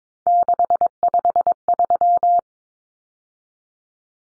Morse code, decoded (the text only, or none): 653